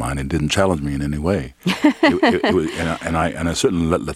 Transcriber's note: laughter